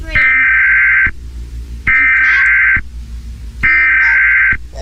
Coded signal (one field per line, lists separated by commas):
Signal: Emergency Alert System (SAME) tones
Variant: header bursts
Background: speech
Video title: eas but with entitys